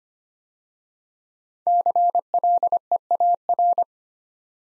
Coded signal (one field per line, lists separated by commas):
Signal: Morse code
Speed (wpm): 25 wpm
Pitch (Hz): 700 Hz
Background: none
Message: CLEAR